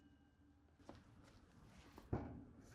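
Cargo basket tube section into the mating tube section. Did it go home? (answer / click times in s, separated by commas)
no / none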